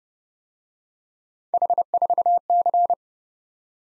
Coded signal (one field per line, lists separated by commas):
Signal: Morse code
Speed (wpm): 28 wpm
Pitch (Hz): 700 Hz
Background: none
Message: H4C